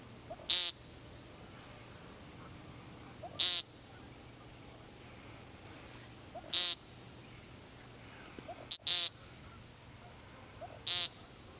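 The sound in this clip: Woodcock giving five sharp, high calls, roughly every two to three seconds, each preceded by a soft low note, against quiet background.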